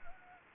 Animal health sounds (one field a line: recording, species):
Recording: mosquito wingbeat signal from an infrared sensor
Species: Anopheles gambiae